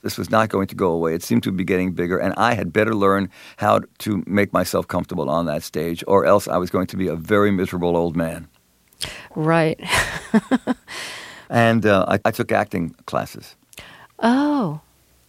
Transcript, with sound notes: this was not going to go away. It seemed to be getting bigger. And I had better learn how to make myself comfortable on that stage or else I was going to be a very miserable old man.
Right (laughter).
And I took acting classes.
Oh.